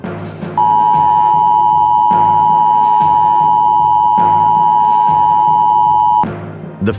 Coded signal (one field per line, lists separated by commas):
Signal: Emergency Alert System (SAME) tones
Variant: 853 and 960 Hz attention tone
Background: music